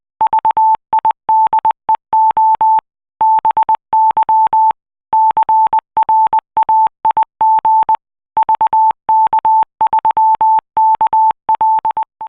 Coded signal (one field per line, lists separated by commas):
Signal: Morse code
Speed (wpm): 20 wpm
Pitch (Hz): 880 Hz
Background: none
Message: VIDEO BY CRAIG VK3KL